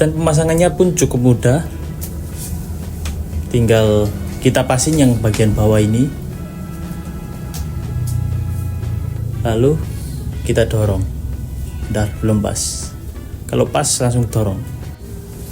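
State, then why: Not seated. Someone talks over background music while fitting the lower edge of a plastic headlight bulb holder into the headlamp housing of a BMW E36 during a headlight bulb replacement, lining it up before pushing it in. Brief handling knocks are heard around 3.1 s and 8.1 s, but nothing has clicked or seated yet.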